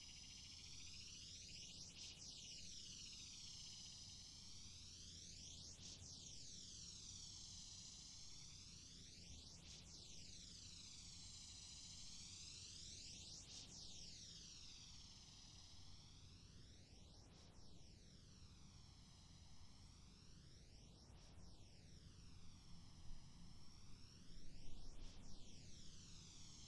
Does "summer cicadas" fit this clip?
yes